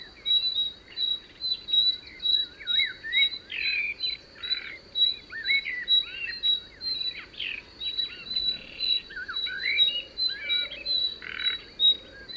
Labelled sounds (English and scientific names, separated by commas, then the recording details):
Common Nightingale (Luscinia megarhynchos) call
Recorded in the wild
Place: Dumbraveni, Transilvania, RO
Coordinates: 46.23, 24.575
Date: 1976-06-05 18:14
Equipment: Nagra III BH, Sennheiser MD 21, parabola
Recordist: Schubert, Michael